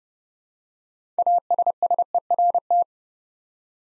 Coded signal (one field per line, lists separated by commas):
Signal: Morse code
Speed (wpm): 30 wpm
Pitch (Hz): 700 Hz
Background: none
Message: ASSERT